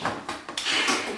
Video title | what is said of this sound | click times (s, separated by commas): AeroPilates Reformer 3 or 4 Cord Cardio Rebounder Assembly Trampoline (How to Open) | popped okay I know people have been having trouble with that you just have to keep prying | 0.6 s